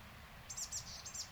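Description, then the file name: Eurasian blue tit giving a quick run of several very high, thin chipping notes in under a second, over faint low background hiss. "Cyanistes caeruleus"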